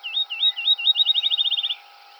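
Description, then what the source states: Field sparrow with a single song: several spaced, slurred high whistles quickening into a fast, even trill that ends abruptly, with a faint steady hum underneath. Recorded 7 July 2007.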